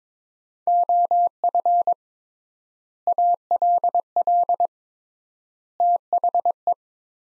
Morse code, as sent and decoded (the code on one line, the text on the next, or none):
--- ..-. / .- .-.. .-.. / - .... .
OF ALL THE